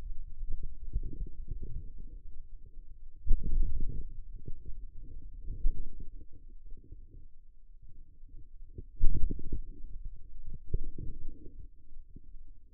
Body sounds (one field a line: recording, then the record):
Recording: forearm muscle sounds (acoustic myography)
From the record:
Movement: wrist flexion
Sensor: system 2, bracelet of six BSWA MPA416 microphones around the upper forearm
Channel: 6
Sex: male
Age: 22 years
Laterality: right